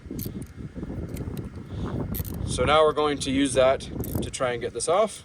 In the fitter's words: When you want to release it, you unlock it.